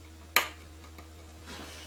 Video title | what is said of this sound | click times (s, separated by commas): iPhone 6, 6s Loud Speaker Replacement How To replace | and you'll just hear it snap right on | 0.4 s